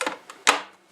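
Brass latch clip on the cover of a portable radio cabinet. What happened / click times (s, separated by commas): The metal cover latch snapped shut / 0.0 s, 0.5 s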